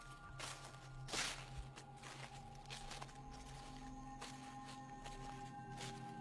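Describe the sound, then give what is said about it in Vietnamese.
Soft, shuffling footsteps scuff along at an uneven pace at night, a handful of dragging steps over a steady low hum, with one slightly louder scrape early on. “Lúc ngó đầu ra thì lại chẳng thấy gì, nhưng hễ cứ đặt chân xuống là tiếng bước chân lẹt xẹt lại vang lên.”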